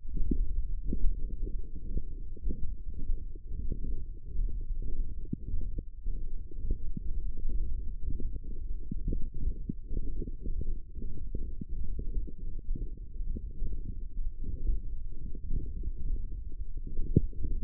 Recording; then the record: forearm muscle sounds (acoustic myography)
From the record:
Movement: hook grip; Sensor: system 1, eight BSWA MPA416 microphones around the upper forearm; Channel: 5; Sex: male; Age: 23 years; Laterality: right